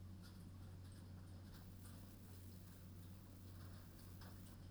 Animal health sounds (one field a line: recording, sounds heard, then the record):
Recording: poultry house recording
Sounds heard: no chicken sound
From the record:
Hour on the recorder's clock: 21